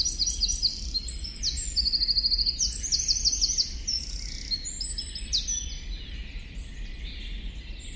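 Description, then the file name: Eurasian wren giving loud, high, rapid trilled and chattering notes in dense bursts throughout, with a steady low rumble underneath. "Troglodytes troglodytes"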